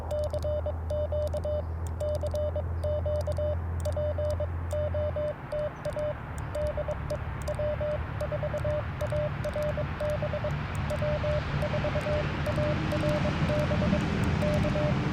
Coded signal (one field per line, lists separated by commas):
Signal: Morse code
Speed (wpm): 23 wpm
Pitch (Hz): 600 Hz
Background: radio noise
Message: CQ CQ POTA DE W4ARB W4ARB K